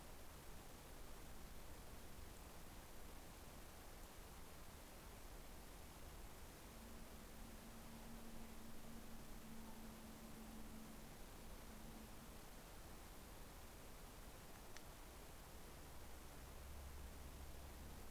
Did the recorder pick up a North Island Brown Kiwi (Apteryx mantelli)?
no